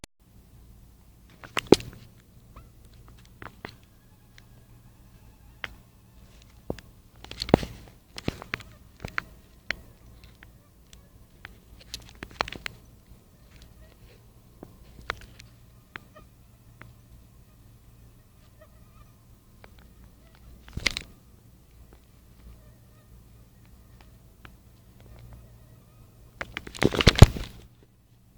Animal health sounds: mosquito flight sound by mobile phone; Anopheles stephensi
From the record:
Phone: Nokia 5235

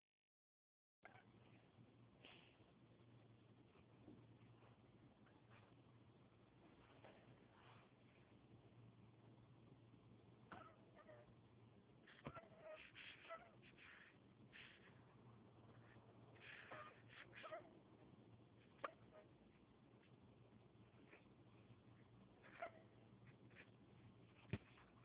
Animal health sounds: mosquito flight sound by mobile phone; Anopheles dirus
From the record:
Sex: female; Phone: Huawei 866C

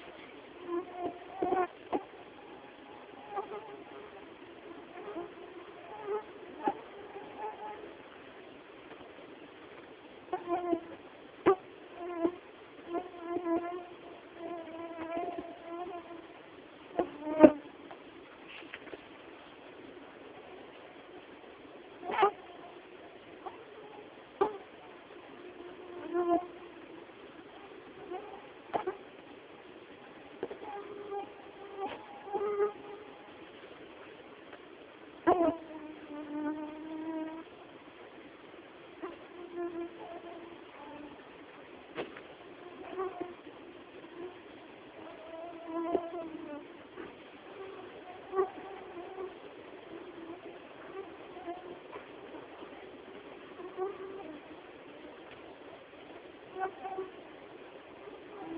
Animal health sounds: mosquito flight sound by mobile phone; Anopheles quadrimaculatus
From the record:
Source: Auburn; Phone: Samsung T209

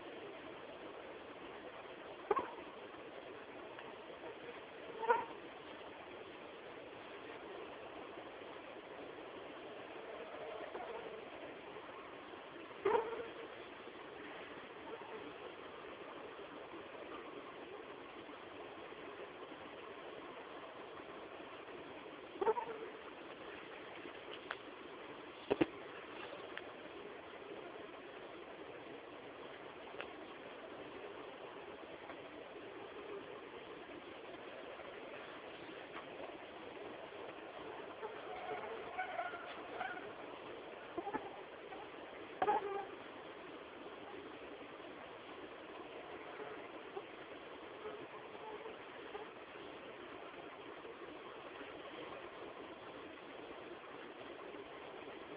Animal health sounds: mosquito flight sound by mobile phone; Anopheles albimanus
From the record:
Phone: Samsung T209

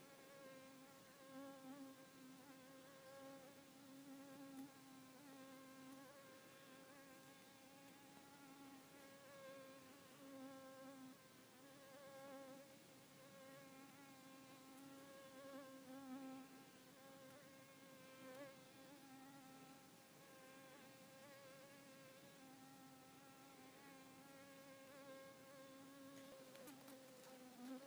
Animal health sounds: mosquito flight sound by mobile phone; Culiseta incidens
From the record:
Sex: female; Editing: snipped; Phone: iPhone 4S

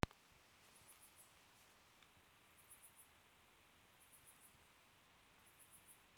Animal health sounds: mosquito flight sound by mobile phone; Aedes sierrensis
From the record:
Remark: free flight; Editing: field recording with all noises

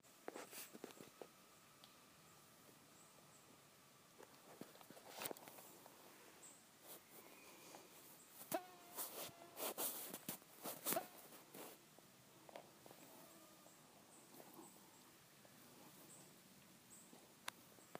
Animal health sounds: mosquito flight sound by mobile phone; Aedes sierrensis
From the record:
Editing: field recording with all noises

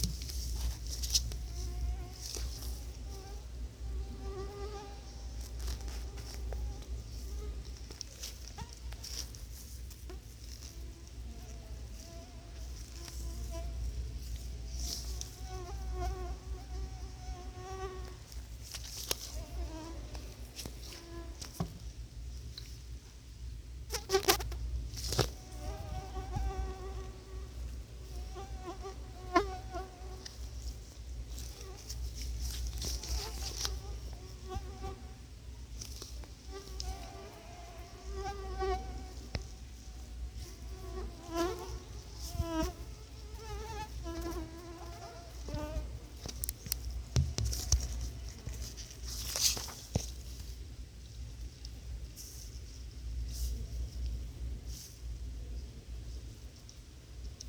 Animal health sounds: mosquito flight sound by mobile phone; Anopheles quadrimaculatus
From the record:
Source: Auburn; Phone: Sony Xperia

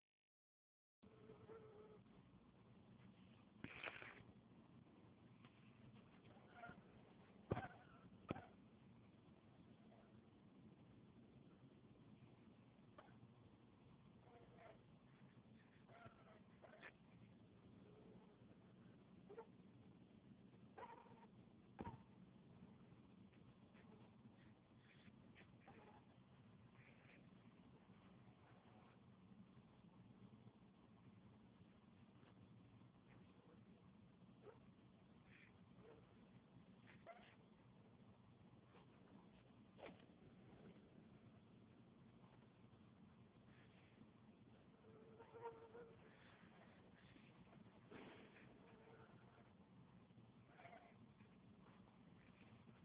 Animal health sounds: mosquito flight sound by mobile phone; Anopheles albimanus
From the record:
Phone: Huawei 866C

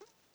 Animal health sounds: mosquito flight sound by mobile phone; Aedes sierrensis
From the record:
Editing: cut to the mosquito's sound

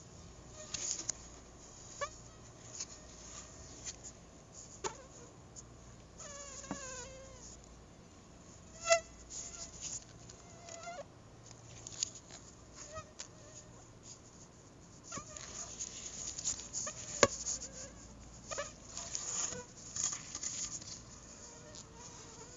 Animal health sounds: mosquito flight sound by mobile phone; Anopheles arabiensis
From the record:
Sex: female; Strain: Dongola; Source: CDC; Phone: Google Nexus

